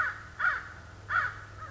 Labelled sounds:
American Crow
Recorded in Sonoma County, California

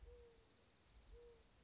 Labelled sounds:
Mourning Dove
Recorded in Sonoma County, California

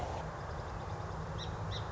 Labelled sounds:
Song Sparrow
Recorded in Sonoma County, California

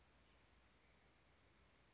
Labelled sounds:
Chestnut-backed Chickadee
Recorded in Sonoma County, California

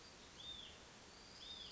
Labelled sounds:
Hutton's Vireo
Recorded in Sonoma County, California

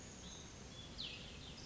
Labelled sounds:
Cassin's Vireo
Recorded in Sonoma County, California

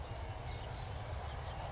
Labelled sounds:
California Towhee
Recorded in Sonoma County, California

